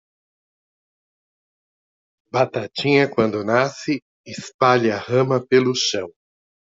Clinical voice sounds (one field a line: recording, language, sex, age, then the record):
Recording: short text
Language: Brazilian Portuguese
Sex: male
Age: 50 to 59 years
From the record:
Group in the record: control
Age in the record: 57 years